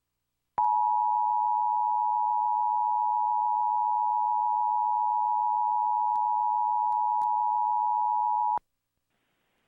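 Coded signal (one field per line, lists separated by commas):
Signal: Emergency Alert System (SAME) tones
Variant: 853 and 960 Hz attention tone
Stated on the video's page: Personally recorded cable Required Monthly Test, taken from a public television station's relay.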